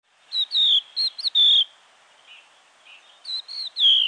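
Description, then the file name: Crested lark uttering fluty, slurred whistles in two loud phrases with a few soft notes between, the last whistle drawn out and falling. "DZIERLATKA"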